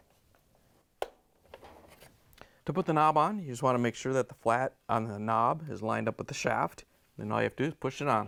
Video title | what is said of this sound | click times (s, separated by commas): How To Replace: Whirlpool/KitchenAid/Maytag Washer Selector Switch WPW10285512 | have to line it up so it goes in and then turn it so it Clips in and locks in place | 1.0 s